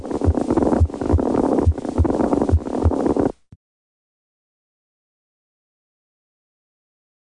Produced by a mediastinal crunch are usually heard best near the apex of the heart, over the mitral area, and along the left sternal border, with the patient in the partial left lateral recumbent position. Palpable crepitation may be present over the neck area. The noises have a crunching quality, which may become louder during inspiration.